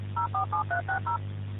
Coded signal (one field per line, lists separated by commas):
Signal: DTMF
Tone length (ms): 120 ms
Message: 047360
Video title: EAS Scenario: The Morning Of (Official Teaser)